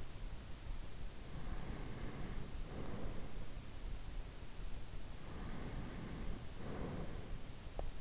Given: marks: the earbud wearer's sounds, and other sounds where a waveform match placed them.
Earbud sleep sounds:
sounds in sleep by an in-ear microphone; breath, teeth grinding
1.21-3.55 s: breath
5.02-7.42 s: breath
7.72-8.01 s: teeth grinding

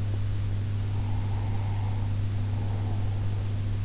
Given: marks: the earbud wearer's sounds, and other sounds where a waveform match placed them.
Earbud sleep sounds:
sounds in sleep by an in-ear microphone; breath
1.08-3.17 s: breath

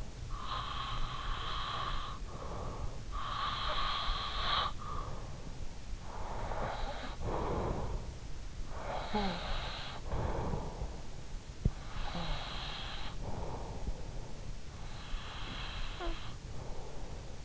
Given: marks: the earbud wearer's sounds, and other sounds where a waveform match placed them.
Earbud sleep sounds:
sounds in sleep by an in-ear microphone; breath
0.15-2.55 s: breath
2.95-5.52 s: breath
5.98-11.30 s: breath
11.70-14.50 s: breath
15.07-17.36 s: breath

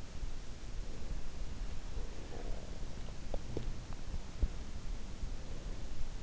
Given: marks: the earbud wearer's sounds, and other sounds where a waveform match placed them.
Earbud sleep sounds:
sounds in sleep by an in-ear microphone; breath, teeth grinding
0.66-2.89 s: breath
3.21-4.77 s: teeth grinding
5.17-6.23 s: breath

